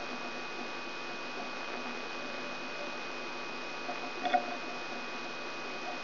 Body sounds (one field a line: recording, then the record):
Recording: brain microelectrode recording played as sound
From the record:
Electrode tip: outside the subthalamic nucleus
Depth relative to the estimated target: -8 mm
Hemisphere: right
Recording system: AlphaMap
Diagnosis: Parkinson's disease